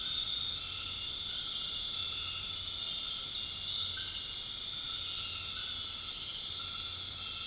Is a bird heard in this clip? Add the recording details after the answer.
no. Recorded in dense forest near Puerto Asís, Putumayo, Colombia, on 12 March 2025 at 20:30. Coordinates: 0.485, -76.318. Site G056